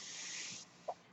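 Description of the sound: Mechanical ventilator sound from a person's own home ventilator: a steady breathy hiss of airflow that fades after about half a second, followed by a brief soft click-like tone.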